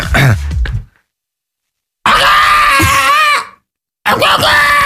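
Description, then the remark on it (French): Someone does a loud, strained vocal imitation of a rooster crowing as a party game challenge, with a long, wavering, high-pitched cry in the middle and shorter shrill bursts before and after, separated by silence. “Faire le chant du coq. Oh, bah oui, facile, on t'écoute.”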